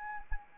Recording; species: mosquito wingbeat signal from an infrared sensor; Anopheles arabiensis